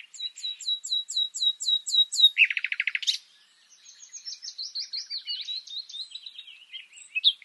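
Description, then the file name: Common nightingale song: a run of about eight down-slurred whistled notes, a low rapid rattle, then softer varied warbling phrases. "Luscinia megarhynchos"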